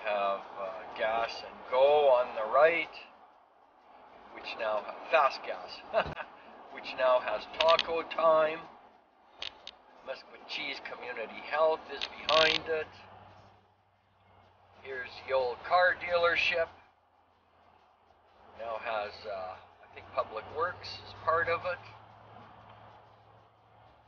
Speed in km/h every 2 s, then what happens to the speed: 65, 63, 60, 57, 53, 50, 52, 52, 53, 54, 56, 59.
0-10 slows to 50. 10-24 speeds up to 59.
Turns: none.